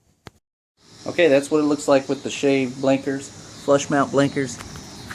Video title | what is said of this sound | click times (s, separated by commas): 2014 Yamaha R1 Crossplane Install Flush Mount Turn Signals Hotbodies LED Blinker Installation | reset it and then it'll make a snap sound and then you know it's locked in okay | 0.3 s